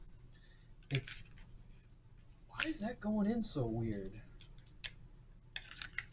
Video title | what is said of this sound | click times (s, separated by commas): I got something in the mail today...? | that's supposed to give a nice click when it goes in it's not | none